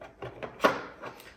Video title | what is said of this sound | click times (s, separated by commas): Levoit Core 300 - HEPA Air Purifier - Unboxing and Sound Test | again turn it for you guys turn it clockwise until you hear the click | 0.7 s